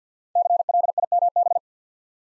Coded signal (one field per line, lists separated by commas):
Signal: Morse code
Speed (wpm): 49 wpm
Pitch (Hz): 700 Hz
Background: none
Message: CLIMB